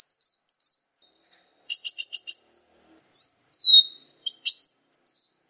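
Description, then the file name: Brown-throated sunbird song: high thin slurred whistles alternating with short bursts of rapid buzzy stuttered notes, then more descending whistled slurs. "kolibri muncang. omkicau"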